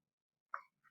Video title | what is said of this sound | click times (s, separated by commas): Gourmet Pizza with Home-made Base | underneath it with your fingers and pull it back until you hear it click | 0.5 s